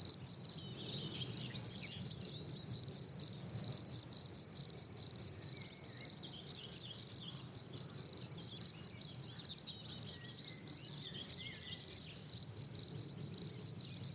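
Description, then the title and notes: Field cricket chirping steadily with a few short breaks, high pulsed notes repeating about twice a second. Lone, fairly isolated individual singing rhythmically on plateau de Lesches en Diois, France, 27 June 2018, 10:00, already 23°C on a very hot day; recorded with Nagra Seven and MKH8040. "Observation sonore - Un grillon champêtre. 27 juin 2018, plateau de Lesches en Diois. grillons champêtres (Gryllus campestris)"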